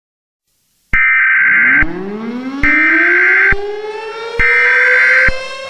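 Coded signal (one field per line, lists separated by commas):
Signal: Emergency Alert System (SAME) tones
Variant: header bursts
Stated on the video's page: Fictional EAS scenario made for entertainment.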